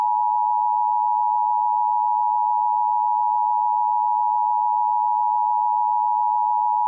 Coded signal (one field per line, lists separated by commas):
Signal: Emergency Alert System (SAME) tones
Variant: 853 and 960 Hz attention tone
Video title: #SharkWeek EAS Scenario: Deep Blue